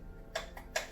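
A clip at the top of a patient lift's battery pack is squeezed to release the pack, which is then lifted up and pulled forward off the control box. Short ticking clicks are heard at 0.4 s and 0.8 s, with a fainter tick at 0.6 s, and the battery pack is released.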